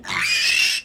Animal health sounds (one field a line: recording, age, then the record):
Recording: pig call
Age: piglet (1 to 25 days)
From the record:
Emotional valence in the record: negative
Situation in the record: restrain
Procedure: sham castration, fixation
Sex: male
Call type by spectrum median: high-frequency call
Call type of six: high-frequency modulated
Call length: 0.85 s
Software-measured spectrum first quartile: 2486 Hz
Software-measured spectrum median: 3371 Hz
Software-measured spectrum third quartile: 5277 Hz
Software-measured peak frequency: 2740 Hz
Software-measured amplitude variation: 137 dB a second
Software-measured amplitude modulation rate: 25.9 a second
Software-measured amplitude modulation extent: 5.3 dB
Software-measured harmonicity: 3.1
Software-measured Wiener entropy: -2.14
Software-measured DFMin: 1285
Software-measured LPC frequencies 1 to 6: 1180, 1975, 2605, 3980, 4960, 5388 Hz